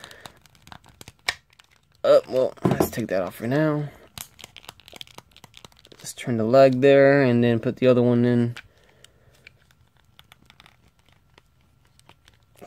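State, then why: Not seated. A second plastic leg of a build-a-figure action figure is turned and slid into the hip joint of the torso, with faint plastic clicks and handling noises between stretches of someone talking. The leg goes in without any audible snap, so nothing has seated or clicked yet.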